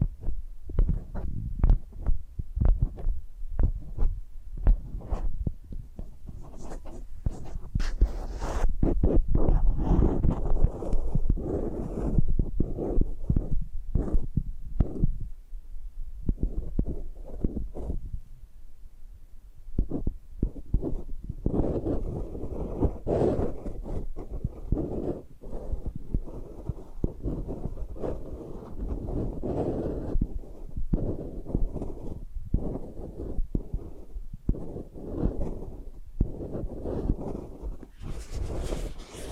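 Ear scratching: dense, rapid rubbing and muffled thumping scrapes, heaviest in the low range, easing briefly around fifteen seconds before resuming steadily.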